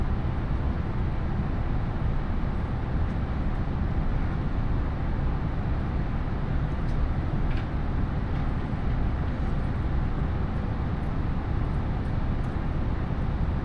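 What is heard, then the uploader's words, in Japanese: Inside a train on the Iida Line, a steady, dense low rumble fills the ride, with faint brief clicks and rattles above it. 鉄道旅 飯田線 辰野→伊那市。やってきたのは313系の2両編成。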